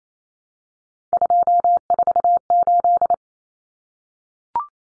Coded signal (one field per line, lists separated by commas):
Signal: Morse code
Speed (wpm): 28 wpm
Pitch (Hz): 700 Hz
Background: none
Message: 248